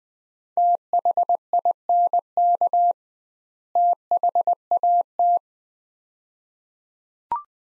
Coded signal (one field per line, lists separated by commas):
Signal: Morse code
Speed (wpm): 20 wpm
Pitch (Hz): 700 Hz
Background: none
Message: THINK THAT